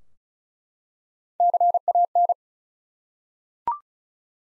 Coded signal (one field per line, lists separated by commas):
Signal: Morse code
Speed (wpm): 36 wpm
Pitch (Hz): 700 Hz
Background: none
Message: CAN